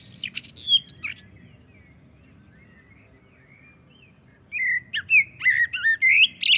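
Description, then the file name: Common blackbird song in two phrases separated by a pause, each mixing mellow whistles with shrill, chattering high notes. "Turdus merula"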